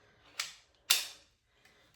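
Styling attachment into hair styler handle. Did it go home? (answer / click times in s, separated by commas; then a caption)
yes / 0.9 s. A plastic curling barrel attachment is fitted onto a hair styler handle. A sharp snap at 0.4 s is followed by a louder, sharp click at 0.9 s, then faint handling noise. The attachment is locked in place.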